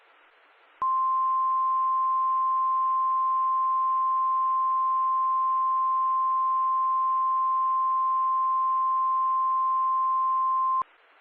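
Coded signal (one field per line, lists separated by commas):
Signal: Emergency Alert System (SAME) tones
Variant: 1050 Hz attention tone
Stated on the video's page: Valid EAS tones for a severe thunderstorm watch.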